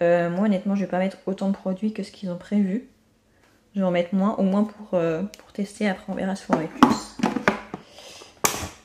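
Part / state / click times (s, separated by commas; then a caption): clean water tank into wet vacuum cleaner / seated / 8.4 s. Someone talks while preparing a Silvercrest 3-in-1 wet vacuum cleaner, its plastic clean water tank having been filled with water and cleaning product. A few handling knocks are heard, then at 8.5 s a sharp click as the tank is put back on the cleaner and clips easily into place.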